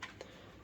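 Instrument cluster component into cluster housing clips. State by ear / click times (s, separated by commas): seated / 0.2 s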